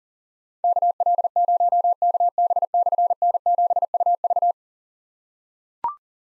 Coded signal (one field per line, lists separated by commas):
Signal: Morse code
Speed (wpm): 39 wpm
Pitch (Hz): 700 Hz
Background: none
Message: KL0KB/N7UV